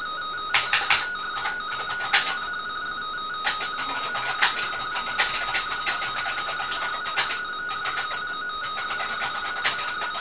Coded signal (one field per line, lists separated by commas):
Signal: RTTY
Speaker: vamos a lanzar una portadora para transmitir. Vamos a ver pruebas de